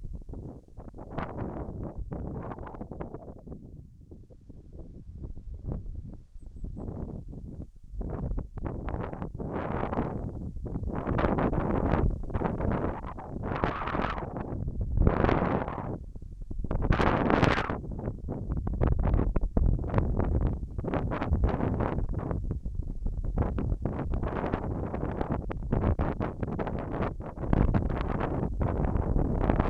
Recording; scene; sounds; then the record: everyday scene through a hearing-aid microphone; wind on the microphone; wind, whistling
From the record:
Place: in front of a rural house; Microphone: behind the ear, left, rear